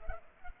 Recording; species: mosquito wingbeat signal from an infrared sensor; Culex pipiens